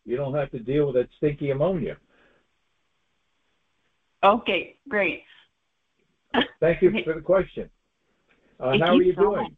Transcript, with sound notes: You don't have to deal with that stinky ammonia.
Okay, great. (laughs)
Thank you for the question. Uh, how are you doing?